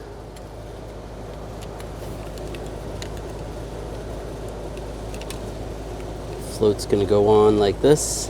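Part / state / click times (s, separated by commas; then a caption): fuel level float onto level sensor / not seated / none. A fuel level float from the fuel tank sending unit of a 2006-2009 Mercedes-Benz E350 (3.5L V6) is picked up and lined up with the level sensor before being pushed on. Only light handling sounds and a few faint ticks are heard over a steady low hum while someone talks. The float has not yet snapped or seated onto the sensor.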